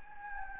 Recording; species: mosquito wingbeat signal from an infrared sensor; Anopheles gambiae